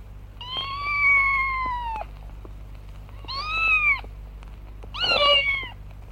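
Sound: cat meowing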